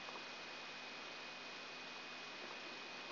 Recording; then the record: brain microelectrode recording played as sound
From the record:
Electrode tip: outside the subthalamic nucleus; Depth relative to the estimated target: -2 mm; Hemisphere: right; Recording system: AlphaMap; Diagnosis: Parkinson's disease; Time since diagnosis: 9 years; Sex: male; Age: 53 years